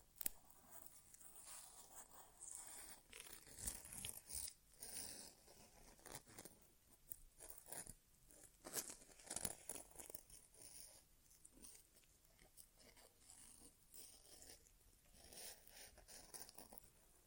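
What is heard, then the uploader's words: ASMR inner ear exam sounds with no talking: dense, crackly scratching and rustling that swells and fades irregularly throughout. The texture is bright and fizzy, with louder crunchy bursts near 4 and 9 seconds and sharp clicks at the start and around 8 seconds. ASMR Inner Ear Exam (No Talking).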